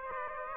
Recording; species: mosquito wingbeat signal from an infrared sensor; Aedes aegypti